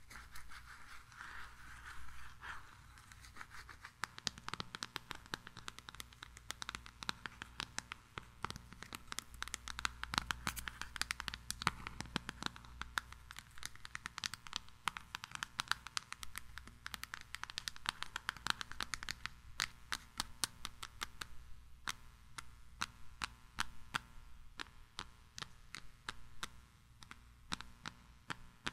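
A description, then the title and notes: Tiny mic triggers: a steady stream of scratchy, crackling taps and brushing sounds, like fingers working over the mic. The clicks start sparse, grow dense and busier from about four to twenty seconds, then thin out again over a low, constant hum. ASMR 1 HR Of Tiny Mic Triggers.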